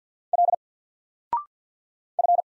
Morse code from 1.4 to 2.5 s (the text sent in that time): F